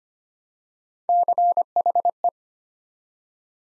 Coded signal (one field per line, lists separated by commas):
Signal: Morse code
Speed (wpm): 25 wpm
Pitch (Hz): 700 Hz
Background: none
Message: CHE